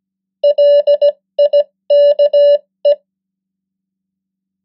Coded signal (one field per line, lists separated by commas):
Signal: Morse code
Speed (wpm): 17 wpm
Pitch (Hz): 580 Hz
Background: none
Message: LIKE